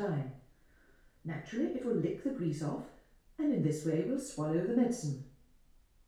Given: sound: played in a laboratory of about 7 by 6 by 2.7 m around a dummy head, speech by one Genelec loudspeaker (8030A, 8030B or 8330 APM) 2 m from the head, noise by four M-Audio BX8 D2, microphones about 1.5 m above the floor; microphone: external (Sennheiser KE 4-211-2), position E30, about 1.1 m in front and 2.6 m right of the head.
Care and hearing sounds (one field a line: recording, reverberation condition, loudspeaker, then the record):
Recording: female speech in English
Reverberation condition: medium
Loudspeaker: 90 degrees to the right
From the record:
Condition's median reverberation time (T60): about 510 ms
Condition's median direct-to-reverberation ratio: about -0.5 dB